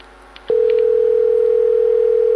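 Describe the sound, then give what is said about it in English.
A steady, unbroken telephone dial tone as a call is placed to Albuquerque, New Mexico, begins abruptly after a brief click and holds at one loud, even pitch, humming continuously with no voices over it. “Putting the call through”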